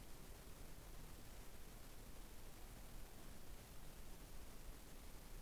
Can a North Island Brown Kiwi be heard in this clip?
no